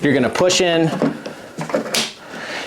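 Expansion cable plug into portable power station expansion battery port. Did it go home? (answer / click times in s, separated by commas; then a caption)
yes / 1.9 s. A heavy-duty twist-lock expansion cable plug for an Anker PowerHouse 767 portable power station is pushed into the expansion battery's port behind a pulled-down flap. Someone talks, then two small knocks near 1.6 and 1.7 seconds lead into a sharp click at 2.0 seconds as the plug locks into the socket.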